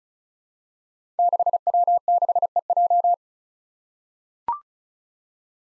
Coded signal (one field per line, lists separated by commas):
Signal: Morse code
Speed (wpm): 36 wpm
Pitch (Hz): 700 Hz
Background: none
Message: 6W6EJ